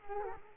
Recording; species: mosquito wingbeat signal from an infrared sensor; Culex quinquefasciatus